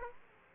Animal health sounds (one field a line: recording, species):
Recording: mosquito wingbeat signal from an infrared sensor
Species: Aedes aegypti